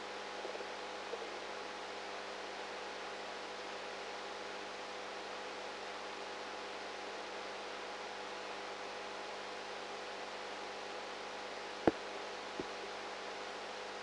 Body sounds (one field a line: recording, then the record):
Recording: brain microelectrode recording played as sound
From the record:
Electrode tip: outside the subthalamic nucleus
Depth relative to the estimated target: -6 mm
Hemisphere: right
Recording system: NeuroSet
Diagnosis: Parkinson's disease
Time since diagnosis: 19 years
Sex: female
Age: 58 years